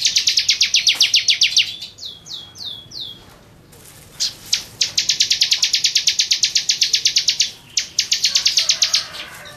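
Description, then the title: Bar-winged prinia song: rapid trains of high chirping notes, with a few slurred whistles between bursts, then a long steady run and a final short burst. "Suara Burung Ciblek"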